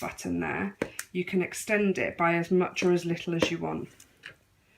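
Someone talks while handling the telescopic wand of a Miele Compact C2 PowerLine vacuum cleaner, pressing the release button on the extendable pole to slide it longer. A brief sharp handling sound comes near 4.3 s as the talking stops, but the wand section has not yet clicked or locked into place.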